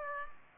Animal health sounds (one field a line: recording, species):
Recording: mosquito wingbeat signal from an infrared sensor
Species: Aedes aegypti